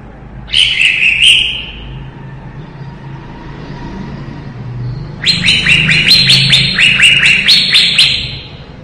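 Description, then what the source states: Leafbird song: a brief bright trilled phrase, a long pause, then a sustained rapid metallic trill, with a low hum throughout. Lively singing described as gacor, recorded in 2017.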